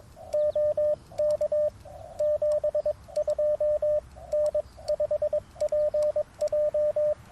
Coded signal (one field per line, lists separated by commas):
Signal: Morse code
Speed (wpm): 22 wpm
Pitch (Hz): 600 Hz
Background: radio noise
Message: OK 72 N5PJ